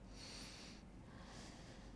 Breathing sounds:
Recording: one breath in and out by a microphone near the nose and mouth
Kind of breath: deep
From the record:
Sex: male

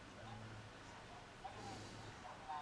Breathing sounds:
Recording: one breath in and out by a microphone near the nose and mouth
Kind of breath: normal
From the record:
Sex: male

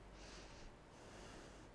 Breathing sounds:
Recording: one breath in and out by a microphone near the nose and mouth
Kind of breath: normal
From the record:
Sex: female

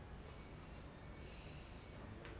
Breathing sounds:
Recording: one breath in and out by a microphone near the nose and mouth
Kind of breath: normal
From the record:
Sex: male

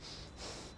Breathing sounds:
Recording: one breath in and out by a microphone near the nose and mouth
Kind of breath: strong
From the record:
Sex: male

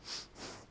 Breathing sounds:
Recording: one breath in and out by a microphone near the nose and mouth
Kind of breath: strong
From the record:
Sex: male

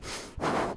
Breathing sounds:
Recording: one breath in and out by a microphone near the nose and mouth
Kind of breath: strong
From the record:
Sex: male

